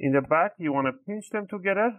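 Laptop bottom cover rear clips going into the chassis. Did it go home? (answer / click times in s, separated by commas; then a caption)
no / none. The back edge of a Dell Latitude 7440 (B8RHFY3) P174G laptop's bottom cover is being pinched together to push its plastic rear clips into the chassis. Only someone talking is heard. Nothing has seated or clicked yet.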